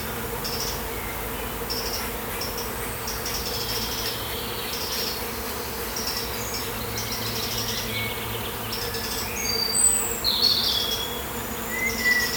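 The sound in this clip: Bees giving a continuous low hum.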